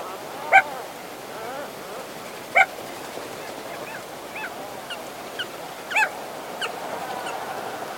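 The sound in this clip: Crested auklet calls, a few loud honking notes with softer nasal chirps between, over a steady background hiss.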